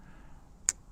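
A Lion Steel Thrill folding knife blade is pinched past its secondary detent's halfway stop and released, then swings fully open into its locked position in the aluminum handle. A single sharp snap at 0.7 s marks the blade locking against the stainless steel stop, over a quiet background. The blade is seated and locked open.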